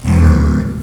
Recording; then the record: squeal of a Yucatan mini pig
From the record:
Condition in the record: after surgery on the right vocal fold (resection and tissue-engineered implant); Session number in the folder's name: 16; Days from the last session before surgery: 183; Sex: female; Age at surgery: 19 weeks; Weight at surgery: 25 kg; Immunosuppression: prednisolone